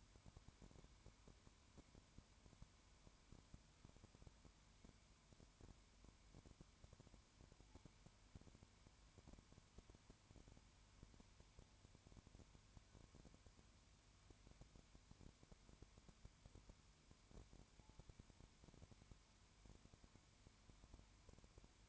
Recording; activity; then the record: daily activity, microphone in the room; no activity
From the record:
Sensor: 2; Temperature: 20.0 degrees Celsius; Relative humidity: 32.0%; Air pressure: 1001.2 hPa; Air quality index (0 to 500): 55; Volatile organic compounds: 1 ppm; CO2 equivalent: 604 ppm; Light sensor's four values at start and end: 2/3/2/2 and 2/3/2/2